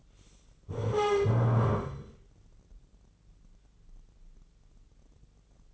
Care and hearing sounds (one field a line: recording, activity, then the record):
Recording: daily activity, microphone in the room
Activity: stand up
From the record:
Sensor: 4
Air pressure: 996.7 hPa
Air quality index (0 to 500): 241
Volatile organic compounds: 343 ppm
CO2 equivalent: 4569 ppm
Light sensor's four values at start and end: 45/111/46/46 and 45/111/45/45